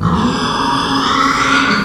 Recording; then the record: squeal of a Yucatan mini pig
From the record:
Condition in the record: after surgery on the right vocal fold (resection and tissue-engineered implant); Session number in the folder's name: 15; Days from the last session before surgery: 175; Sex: female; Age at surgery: 19 weeks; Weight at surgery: 25 kg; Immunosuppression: prednisolone